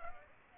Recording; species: mosquito wingbeat signal from an infrared sensor; Aedes aegypti